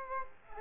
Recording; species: mosquito wingbeat signal from an infrared sensor; Aedes aegypti